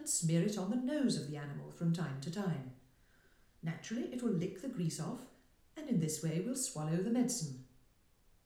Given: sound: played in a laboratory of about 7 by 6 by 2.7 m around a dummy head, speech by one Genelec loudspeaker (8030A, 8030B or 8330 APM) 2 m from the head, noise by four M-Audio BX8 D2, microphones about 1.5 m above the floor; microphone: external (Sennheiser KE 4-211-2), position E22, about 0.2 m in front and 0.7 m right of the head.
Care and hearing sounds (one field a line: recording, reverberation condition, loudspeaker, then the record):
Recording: female speech in English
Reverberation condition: medium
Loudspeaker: 30 degrees to the right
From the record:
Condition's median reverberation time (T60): about 510 ms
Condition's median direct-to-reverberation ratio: about -0.5 dB